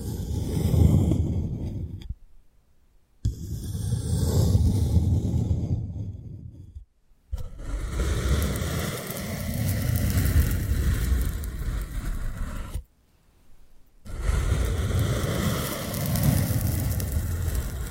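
Ear picking with assorted props makes a dense, rumbling scratch and crackle, busy with rapid rustling strokes that swell and ease. The sound cuts to near silence three times, around 2, 7 and 13 seconds, then resumes each time at the same level.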